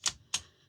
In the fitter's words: and at the moment there we can see it's latching